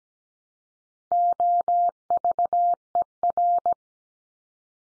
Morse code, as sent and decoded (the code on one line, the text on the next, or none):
--- ...- . .-.
OVER